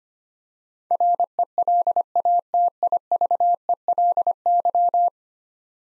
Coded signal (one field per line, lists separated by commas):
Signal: Morse code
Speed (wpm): 25 wpm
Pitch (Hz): 700 Hz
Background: none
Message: RELATIVELY